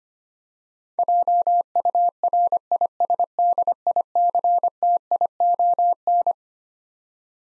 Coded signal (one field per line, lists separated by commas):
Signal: Morse code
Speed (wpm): 25 wpm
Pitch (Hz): 700 Hz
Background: none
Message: JURISDICTION